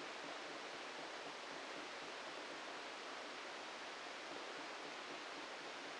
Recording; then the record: brain microelectrode recording played as sound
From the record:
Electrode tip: inside the subthalamic nucleus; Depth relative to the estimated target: 0 mm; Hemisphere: left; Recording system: NeuroSet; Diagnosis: Parkinson's disease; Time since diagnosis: 14 years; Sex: male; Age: 51 years